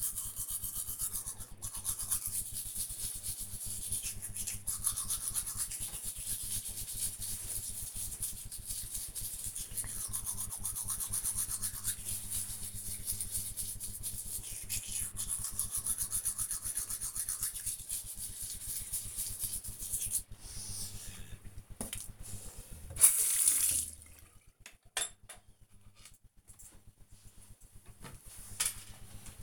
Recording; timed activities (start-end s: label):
household activities, microphone on the right wrist
0.00-26.07 s: brushing teeth